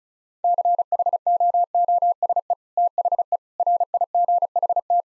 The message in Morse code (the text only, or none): CHOOSE THE RIGHT